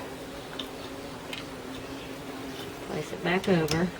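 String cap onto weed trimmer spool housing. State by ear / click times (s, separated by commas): not seated / none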